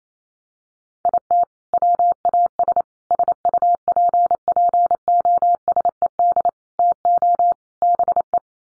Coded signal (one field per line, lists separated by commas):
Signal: Morse code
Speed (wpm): 28 wpm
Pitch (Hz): 700 Hz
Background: none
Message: IT WAS SUPPOSED TO BE